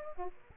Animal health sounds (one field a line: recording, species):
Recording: mosquito wingbeat signal from an infrared sensor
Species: Aedes aegypti